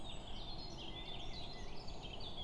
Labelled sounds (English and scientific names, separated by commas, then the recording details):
Eurasian Blackcap (Sylvia atricapilla)
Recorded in Germany
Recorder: ecoPi